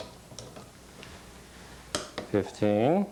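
A torque wrench tightens a bolt on a Porsche 356/912 engine to 15 foot-pounds, with a few faint ticks before it clicks loudly at the setting at 1.9 s. Someone then talks.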